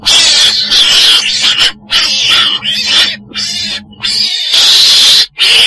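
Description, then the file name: Weasel letting out harsh, noisy screams in drawn-out bursts, with a faint low steady hum beneath part of the sequence. Described as a black weasel (chồn đen) calling. "tieng chon den keu"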